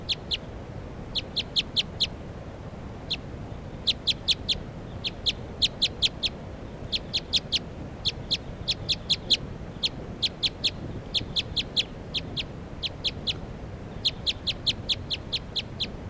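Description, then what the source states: Crossbill calls: sharp, high clipped notes given singly and in rapid clusters, repeated throughout against low background noise. Wild, very light-coloured female with a left-crossing bill, calling rapidly after flying down to bird 387, then back up to a treetop; Sage Hen, May 3rd.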